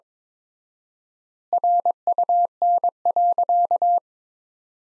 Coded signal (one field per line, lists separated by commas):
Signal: Morse code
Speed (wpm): 21 wpm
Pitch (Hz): 700 Hz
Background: none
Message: RUN.